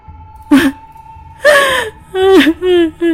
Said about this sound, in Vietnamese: Tiếng trẻ em khóc phát ra từ đằng sau tấm gỗ đó.